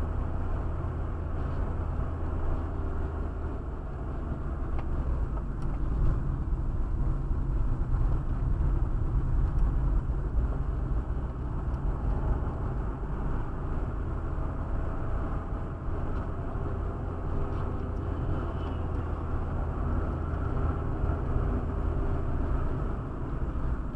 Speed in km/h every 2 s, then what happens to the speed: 48, 45, 39, 34, 37, 43, 48, 51, 51, 48, 46, 44.
0-6 slows to 34. 6-14 speeds up to 51. 14-24 slows to 44.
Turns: 4-11.